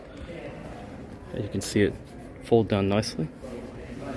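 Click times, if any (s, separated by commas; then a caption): none. The rear seat back of a 2023 Aston Martin DBX 707 SUV is folded down after its release is pressed, while a man talks over a low steady background. The clip ends before the seat back latches in its folded position, so nothing has seated or clicked yet.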